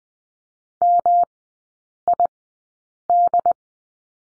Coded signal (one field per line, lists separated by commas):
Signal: Morse code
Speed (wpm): 20 wpm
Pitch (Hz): 700 Hz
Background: none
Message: MID